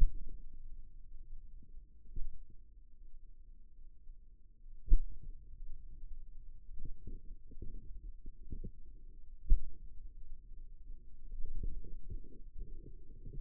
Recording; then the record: forearm muscle sounds (acoustic myography)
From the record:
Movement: finger pinch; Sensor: system 2, bracelet of six BSWA MPA416 microphones around the upper forearm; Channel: 2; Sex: male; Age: 22 years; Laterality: right